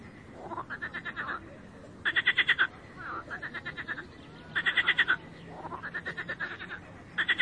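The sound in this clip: Frogs calling in a chorus, short pulsed rattling bursts repeated every second or so, louder bursts alternating with softer ones.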